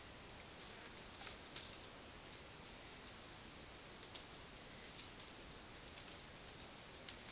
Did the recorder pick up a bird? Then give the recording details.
no. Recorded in dense forest near Puerto Asís, Putumayo, Colombia, on 20 February 2024 at 12:00. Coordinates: 0.466, -76.327. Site G6413